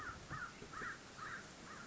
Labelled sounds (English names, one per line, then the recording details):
American Crow
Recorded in Sonoma County, California